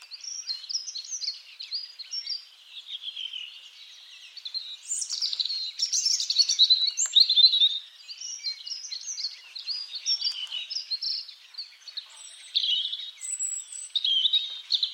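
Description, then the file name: European robin pouring out fast, intricate high-pitched warbling phrases, rising and falling in loudness across the recording, with short pauses between bursts and light background noise. "Erithacus rubecula"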